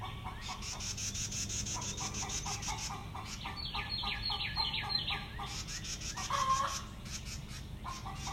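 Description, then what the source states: Chicken: hens clucking in a steady series of short pulses, with a run of higher descending notes over them and a low background hum. Backyard hens in Greenville, recorded early on a summer morning in June 2020; the hens sound hungry.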